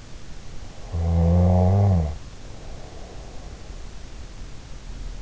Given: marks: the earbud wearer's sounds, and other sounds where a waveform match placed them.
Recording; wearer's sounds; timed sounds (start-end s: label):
sounds in sleep by an in-ear microphone; snoring breath
0.79-3.79 s: snoring breath